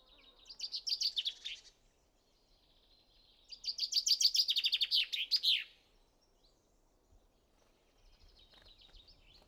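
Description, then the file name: Common chaffinch song: two bright, rattling phrases that speed up and drop in pitch to a short flourish, the second longer, then faint twittering near the end. "Fringilla coelebs"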